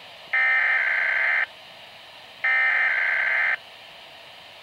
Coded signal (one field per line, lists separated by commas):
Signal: Emergency Alert System (SAME) tones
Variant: header bursts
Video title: Weatheradio Canada - Freezing Rain Warning and Snowfall Warning (EAS #69) 28/01/2013